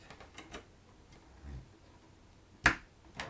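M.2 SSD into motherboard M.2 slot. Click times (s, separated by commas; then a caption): 2.7 s. An M.2 SSD is lined up by its notch and slid into the motherboard's M.2 slot, with a few faint ticks and a low rubbing sound before it. A sharp click at 2.7 s shows the drive is seated, followed by a softer click at 3.2 s. The drive still flaps up out of place until it is secured.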